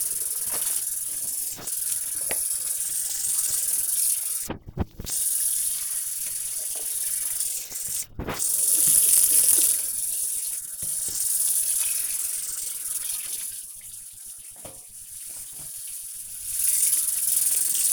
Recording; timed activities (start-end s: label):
household activities, microphone on the right wrist
0.00-17.93 s: washing dishes